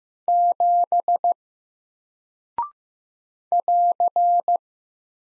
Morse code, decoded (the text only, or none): 7 <AR>